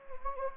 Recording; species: mosquito wingbeat signal from an infrared sensor; Anopheles gambiae